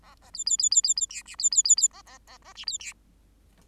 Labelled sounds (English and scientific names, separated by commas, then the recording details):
Bengalese Finch (Lonchura striata domestica) song
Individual Bird8